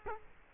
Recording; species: mosquito wingbeat signal from an infrared sensor; Culex quinquefasciatus